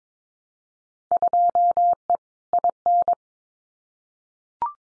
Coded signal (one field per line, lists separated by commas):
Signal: Morse code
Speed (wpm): 22 wpm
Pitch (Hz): 700 Hz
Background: none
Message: 2E IN